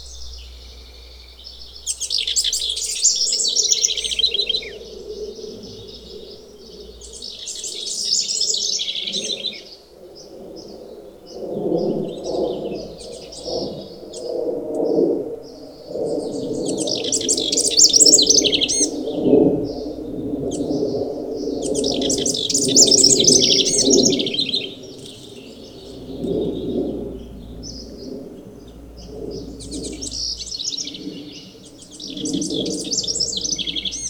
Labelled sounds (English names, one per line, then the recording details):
House Wren
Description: House Wren song from two different birds recorded on the Fern Lake Trail in Rocky Mountain National Park
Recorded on 10 June 2015